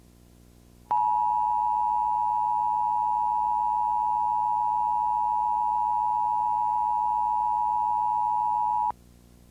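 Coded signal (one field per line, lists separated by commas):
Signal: Emergency Alert System (SAME) tones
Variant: 853 and 960 Hz attention tone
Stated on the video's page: Real law enforcement warning on a Comcast cable system, recorded from a DASDEC-II decoder.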